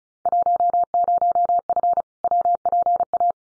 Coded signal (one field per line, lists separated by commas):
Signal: Morse code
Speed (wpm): 34 wpm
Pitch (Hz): 700 Hz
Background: none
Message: 10F WPA